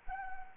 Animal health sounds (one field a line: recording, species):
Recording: mosquito wingbeat signal from an infrared sensor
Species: Anopheles arabiensis